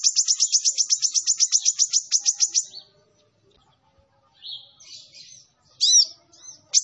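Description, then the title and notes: Sunbird opening with a rapid, evenly pulsed high trill for nearly three seconds, then after a pause buzzy notes and two sharp chirps. Kolibri Ninja singing actively, full song with bursts (isian and tembakan), used for training and as a lure to prompt other birds to sing. "MASTERAN KOLIBRI NINJA FULL ISIAN DAN TEMBAKAN COCOK BUAT PANCINGAN. Suara Burung Kolibri Ninja Gacor"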